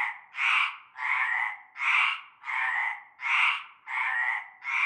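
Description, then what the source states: Frog chorus, several drawn-out grating croaks in close succession. Frog chorus at nightfall in a large concrete basin with stagnant greenish water, Avenue Cante Coucou, Groupède, La Ciotat, Bouches-du-Rhône, France.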